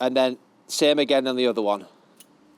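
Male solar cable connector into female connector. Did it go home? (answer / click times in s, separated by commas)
yes / 2.2 s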